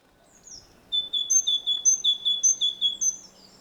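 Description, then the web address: Great tit: a brief high slurred note, then a steady run of bright alternating high and low notes repeated quickly for over two seconds. "SETE data Parus major"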